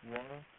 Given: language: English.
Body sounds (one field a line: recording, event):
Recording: throat vibration sensor signal played as sound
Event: speech